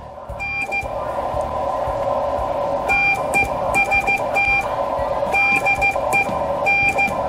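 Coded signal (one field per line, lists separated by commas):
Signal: Morse code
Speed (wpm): 15 wpm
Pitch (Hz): 2400 Hz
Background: none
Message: N TEST DE N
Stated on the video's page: CW on a Yaesu FT-991A, keyed with a straight key, a paddle or an external WinKeyer USB keyer.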